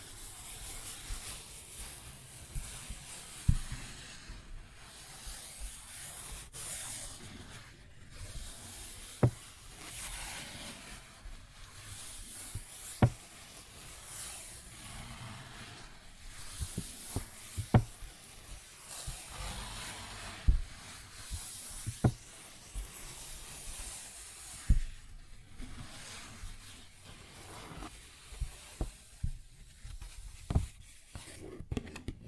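A paper bag is scratched and rubbed continuously, a dry crinkling hiss that rises and falls in waves. Sharp single taps land roughly every four to five seconds, near 3, 9, 13, 18, 22 and 25 seconds, with a low rumble underneath.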